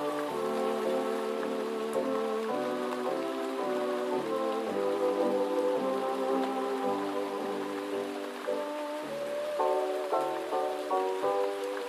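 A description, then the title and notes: Gentle rain falls as a steady, even hiss over the whole clip, with faint scattered drops. Beneath it, muffled old music plays from another room, its held chords and mid-range melody shifting every second or so, with no deep bass reaching through. Gentle Night Rain & Oldies Playing in Another Room. Step into a nostalgic world of vintage music from another room with soothing melodies of classic oldies.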